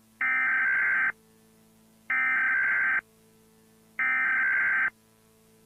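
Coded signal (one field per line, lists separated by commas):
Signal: Emergency Alert System (SAME) tones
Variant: header bursts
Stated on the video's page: Fictional EAS scenario.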